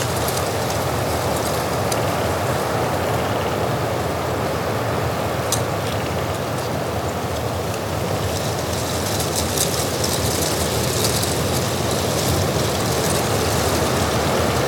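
Wind roars steadily over the Hochgern in rough weather, a dense, unbroken rush with a heavy low rumble underneath. Brief bright crackles and ticks cut through now and then, near two and five seconds and in a busier cluster from about nine to twelve.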